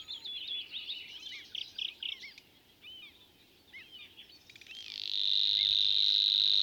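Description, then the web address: Savi's warbler song, a monotonous continuous high reel filling the last second and a half, after several seconds of scratchy chattering phrases. "soorten geluid Snor"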